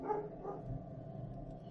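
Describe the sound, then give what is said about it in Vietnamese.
A guard's dog, stopped near the door of a room after running along a corridor, whimpers softly in low, plaintive whines, with a brief higher cry near the start, over a steady low rumbling background. “Lúc này thì không còn nghe thấy tiếng khóc nữa, chỉ nghe thấy tiếng rên nhẹ của con chó mà thôi.”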